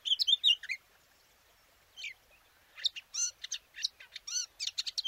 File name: Sylvia atricapilla